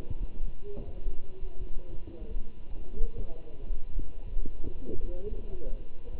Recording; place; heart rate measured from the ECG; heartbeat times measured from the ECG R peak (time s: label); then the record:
heart sounds by stethoscope; between the tricuspid and mitral areas; 91 bpm
0.20 s: heartbeat
0.86 s: heartbeat
1.61 s: heartbeat
2.29 s: heartbeat
2.96 s: heartbeat
3.61 s: heartbeat
4.26 s: heartbeat
4.90 s: heartbeat
5.52 s: heartbeat
6.12 s: heartbeat
From the record:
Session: walking at 3.7 km/h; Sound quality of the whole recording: good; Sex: male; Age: 24 years